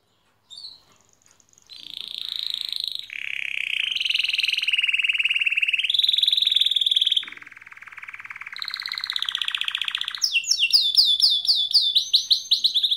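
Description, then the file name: Atlantic canary song: a long chain of rapid trills and buzzy rolls shifting between pitches, ending in a run of fast, sharply descending sweeps. "Serinus canaria"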